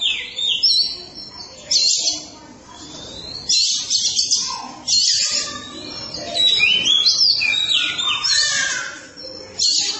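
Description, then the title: Oriental magpie-robin song: loud, scratchy bursts mixed with sweeping whistles and rapid warbling, in phrases separated by short gaps. Chirping song (kicauan) of the bird. "Suara Kicauan Burung Kacer Durasi Panjang"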